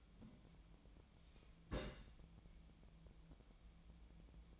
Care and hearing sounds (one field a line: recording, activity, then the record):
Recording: daily activity, microphone in the room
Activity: place on stove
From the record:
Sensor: 1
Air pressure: 1010.0 hPa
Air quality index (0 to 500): 186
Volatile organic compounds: 16 ppm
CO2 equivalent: 2558 ppm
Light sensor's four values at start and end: 37/94/39/48 and 37/95/40/48